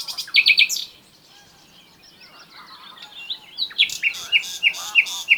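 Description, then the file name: Common nightingale song: a rapid stuttering burst of high notes, a pause with soft twittering, then a series of sharp chirps repeated about every third of a second. "Luscinia megarhynchos"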